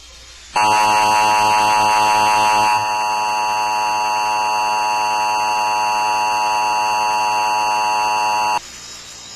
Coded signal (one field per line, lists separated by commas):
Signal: Emergency Alert System (SAME) tones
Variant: 853 and 960 Hz attention tone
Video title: WFAA Does an Emergency Alert Systerm Test- March 8, 2011